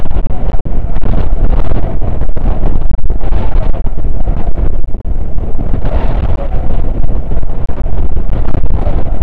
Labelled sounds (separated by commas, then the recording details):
wind
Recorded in the Prudhoe Bay oil fields, Alaska, on 9 August 2019 at 00:04
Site 29